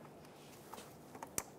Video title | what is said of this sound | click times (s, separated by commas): How to Replace Parking Lights 1996-2002 Toyota 4Runner | make sure it clicks do the other side if you have to and test them out | 1.4 s